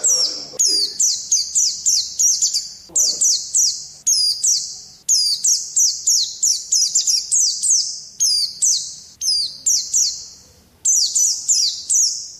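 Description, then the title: White-eye song, high sweet notes given in tight clusters of several, repeated in rhythmic bursts. Songbird singing in the ngalas style. "Pleci ngalas"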